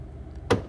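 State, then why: Seated. An aftermarket amber off-road LED light bar is pressed into its mount in the front bumper of a Cybertruck, with a low steady hum underneath. A single sharp snap sounds at 0.5 s as the light clicks in. The light bar is seated with a snug, factory-like fit.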